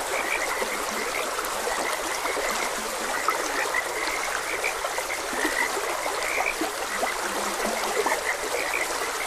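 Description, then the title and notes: Frogs croaking continuously, many short notes overlapping, while steady flowing water hisses underneath the whole time. Frogs croaking beside a gentle stream. "Frogs Croaking. Sleep and Relaxation Podcast"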